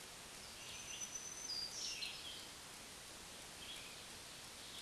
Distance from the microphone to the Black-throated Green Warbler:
about 40 m